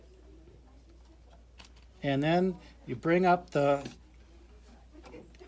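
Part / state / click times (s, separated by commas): rotary hook assembly into sewing machine hook housing / not seated / none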